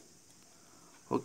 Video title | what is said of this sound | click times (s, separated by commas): ALL YOU WANT TO KNOW ABOUT MIXER AND GRINDERS (HINDI) | lock हो गया अब इसे हम बेंड कर देंगे | 1.1 s